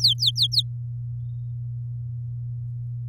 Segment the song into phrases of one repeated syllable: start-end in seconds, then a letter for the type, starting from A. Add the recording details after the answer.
0.00-0.62 A. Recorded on 8 May 2018 at 14:27. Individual llb16